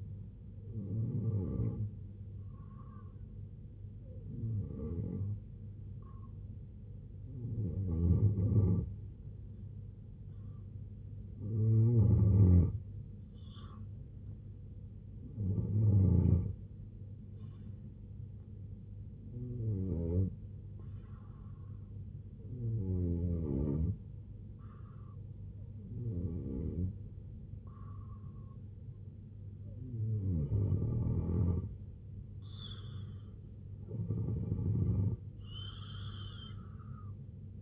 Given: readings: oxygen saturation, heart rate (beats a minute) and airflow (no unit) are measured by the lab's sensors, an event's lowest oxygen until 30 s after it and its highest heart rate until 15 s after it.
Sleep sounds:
breathing in sleep by a smartphone at the bedside; 1
15.00-30.00 s: hypopnea (N2, oxygen 91% highest, then 87% lowest, heart rate 84 at the start, 84 highest)
From the record:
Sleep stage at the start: N2 (light sleep); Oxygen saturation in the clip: 89 to 91%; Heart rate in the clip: 68 to 84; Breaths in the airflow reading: 10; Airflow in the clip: -3.5 to 6.0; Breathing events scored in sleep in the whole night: 258 in 7.4 hours asleep

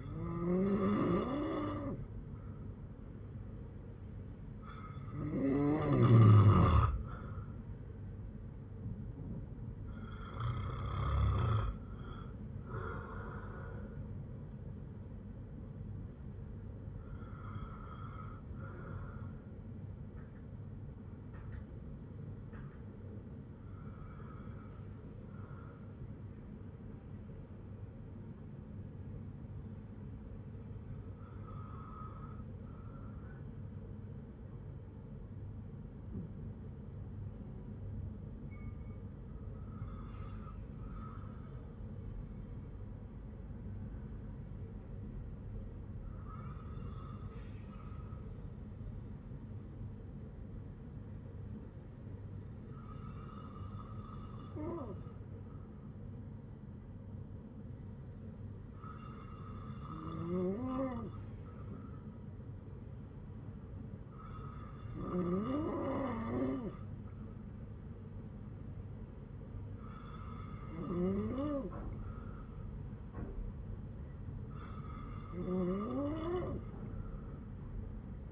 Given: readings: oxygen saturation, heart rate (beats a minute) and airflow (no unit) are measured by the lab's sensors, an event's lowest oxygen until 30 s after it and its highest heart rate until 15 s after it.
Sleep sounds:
breathing in sleep by a smartphone at the bedside; 1
46.00-67.40 s: hypopnea (N2, oxygen 97% highest, then 94% lowest)
From the record:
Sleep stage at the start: N2 (light sleep); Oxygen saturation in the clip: 94 to 97%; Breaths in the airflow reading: 13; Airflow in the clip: -8.1 to 7.0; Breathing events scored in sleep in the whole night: 182 in 7.4 hours asleep

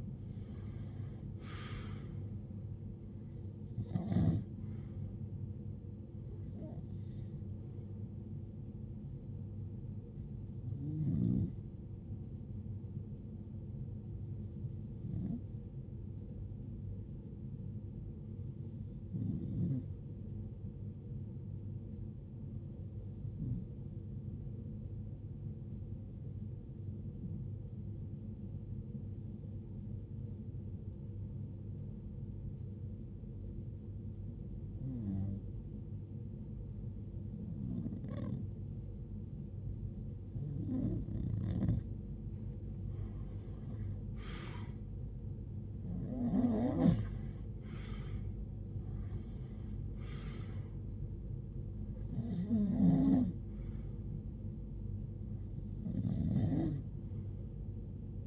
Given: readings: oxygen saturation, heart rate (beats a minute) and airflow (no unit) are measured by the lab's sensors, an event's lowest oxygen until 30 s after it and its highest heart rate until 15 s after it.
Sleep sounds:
breathing in sleep by a smartphone at the bedside; 1
30.00-48.90 s: hypopnea (REM, oxygen 95% highest, then 90% lowest, heart rate 71 at the start, 80 highest)
From the record:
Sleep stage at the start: REM sleep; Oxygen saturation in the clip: 87 to 95%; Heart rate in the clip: 52 to 80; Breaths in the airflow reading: 18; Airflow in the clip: -19.9 to 16.6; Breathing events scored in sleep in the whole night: 389 in 6.3 hours asleep

